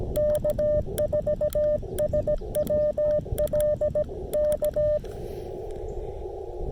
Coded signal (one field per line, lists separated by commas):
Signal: Morse code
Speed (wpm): 17 wpm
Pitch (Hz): 600 Hz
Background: none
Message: K4SWL K